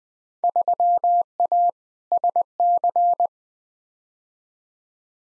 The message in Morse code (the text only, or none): 3A SC